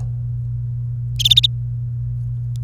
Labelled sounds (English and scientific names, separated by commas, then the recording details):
Domestic Canary (Serinus canaria) song
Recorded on 28 April 2018 at 08:33
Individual llb3